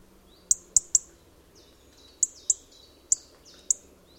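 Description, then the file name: European robin giving high, sharp calls: three quick ones, a pause, then a few more spaced out, over soft background noise. "Erithacus rubecula"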